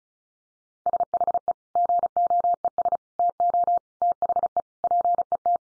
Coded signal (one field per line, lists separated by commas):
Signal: Morse code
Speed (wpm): 34 wpm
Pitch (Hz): 700 Hz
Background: none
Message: SHE GOES TO THE PET